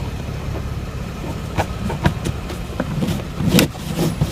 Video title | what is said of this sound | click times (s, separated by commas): How to replace the passenger door lock/latch actuator on a 2011- 2016 Jeep Wrangler - EGM DIY | There you go. I heard it pop off, and voila, off it goes. | 3.6 s